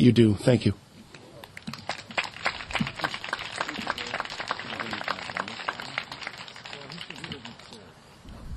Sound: applause